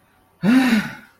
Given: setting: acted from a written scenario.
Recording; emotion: vocal sound without words; disappointment